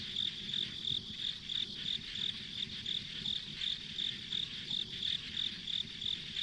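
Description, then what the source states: Insects chirping in brisk repeated pulses, close to three per second, with a faint continuous buzz and low ambient noise. Ambient insect sounds on a rural country road.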